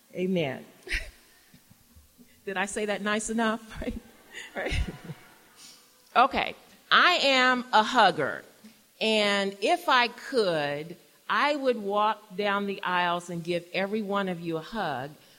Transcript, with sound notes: Amen. Did I say that nice enough? (laughter) I am a hugger and if I could, I would walk down the aisles and give every one of you a hug.